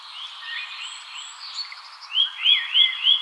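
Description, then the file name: Eurasian nuthatch calling, fainter notes followed by four loud, rising whistled notes in quick succession near the end. "Sitta europaea"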